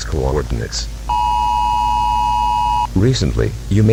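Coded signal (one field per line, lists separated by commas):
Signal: Emergency Alert System (SAME) tones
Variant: 853 and 960 Hz attention tone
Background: speech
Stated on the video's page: Fictional EAS scenario set in an alternate-history Britain.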